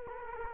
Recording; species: mosquito wingbeat signal from an infrared sensor; Culex quinquefasciatus